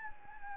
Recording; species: mosquito wingbeat signal from an infrared sensor; Anopheles gambiae